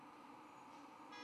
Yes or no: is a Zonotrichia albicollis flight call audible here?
no